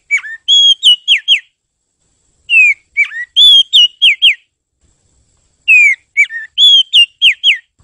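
Bird song in whistled bursts of slurred, falling and level notes, grouped in three phrases separated by short silences.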